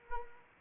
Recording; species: mosquito wingbeat signal from an infrared sensor; Anopheles arabiensis